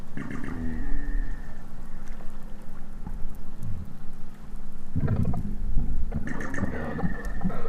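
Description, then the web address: Minke whale sounds: a brief mid-pitched tonal sound with low pulses at the start, a burst of low thumps midway, then another tonal stretch with pulses, over underwater hum. "Minke Vocalisations. wilderness songs"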